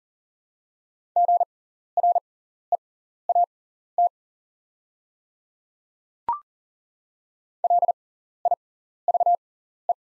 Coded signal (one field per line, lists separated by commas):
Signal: Morse code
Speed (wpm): 40 wpm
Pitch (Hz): 700 Hz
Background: none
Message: GREAT LIVE